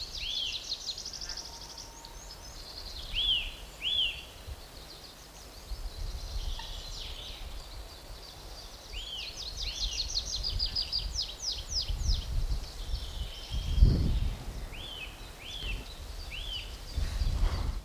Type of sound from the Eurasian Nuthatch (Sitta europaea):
song